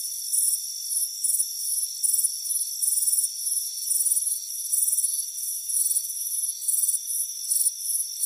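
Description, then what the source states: Crickets giving shrill pulsed chirps that repeat quickly and a little unevenly, backed by a constant thin drone. Warm afternoon on a front porch.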